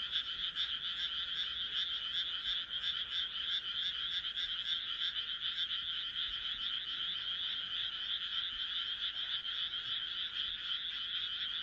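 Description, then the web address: Frog chorus with rapid pulsed croaks, many animals calling at once in a steady, buzzing rhythm. "kaeru kaeru"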